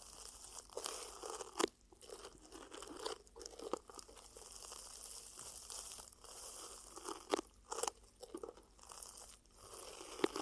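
Ear cupping triggers: soft, rustling, crunchy textures that swell and fade in irregular waves. Sharp crackling snaps punctuate them, near 1.7, 3.7, 7.4 and 10.3 seconds. A faint low steady hum sits underneath throughout.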